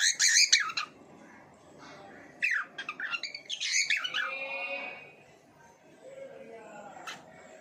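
Bird calls: loud harsh squawks at the start, then a burst of mixed chirps and chatter in the middle, with quieter notes afterwards.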